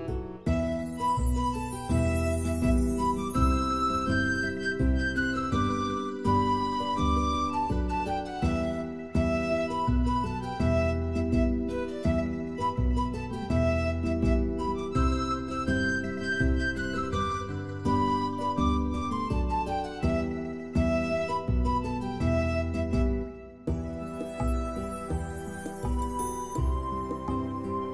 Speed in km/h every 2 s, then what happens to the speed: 101, 103, 102, 98, 89, 81, 74, 65, 58, 52, 50, 44, 34, 17.
0-6 steady at about 101. 6-28 brakes to 17.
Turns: none.